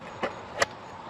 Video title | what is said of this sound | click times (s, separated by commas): G FORCE ZM Electric Bike for Adults review 2024 | Slide the battery there you'll hear it lock | 0.6 s